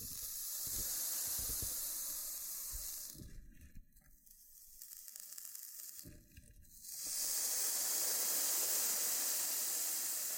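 Loofah scrubbing fills the recording with a dense, bright, hissing scratch, broken by low thumps near the start. Around three to seven seconds the rasping drops to quieter, sparser rustling with a few soft pops, then the loud steady scrubbing returns to the end.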